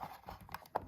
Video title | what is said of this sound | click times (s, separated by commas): MICRO HASLAB?! Jazwares Micro Galaxy Squadron Razor Crest (Arvala-7) Review | indeed whatever it Clips all back together and of course we got to take a look at the cockpit | 0.8 s